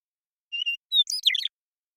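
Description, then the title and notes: Western meadowlark song: a trembling whistle and one bright note, followed by a hurried string of warbled, falling notes in a quiet setting. Song at natural pace; recorded in the Pacific Northwest, Washington, United States. "Western Meadowlark, Sturnella neglecta, song, contact calls, and flush, family: Troupials and Allies Recorded in the beautiful Pacific Northwest in Washington, United States"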